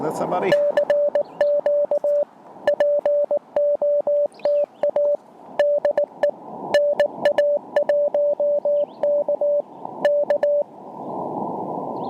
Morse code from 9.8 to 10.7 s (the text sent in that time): K